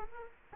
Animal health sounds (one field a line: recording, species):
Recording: mosquito wingbeat signal from an infrared sensor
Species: Culex quinquefasciatus